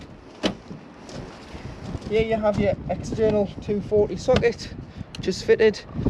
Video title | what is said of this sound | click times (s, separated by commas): Elddis Signature CV80 | make sure it always clicks back into place, and that's when you know it's in the vehicle properly. | 0.5 s